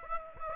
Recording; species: mosquito wingbeat signal from an infrared sensor; Aedes aegypti